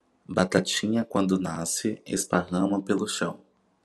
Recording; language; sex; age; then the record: short text; Brazilian Portuguese; male; 30 to 39 years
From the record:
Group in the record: control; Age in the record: 31 years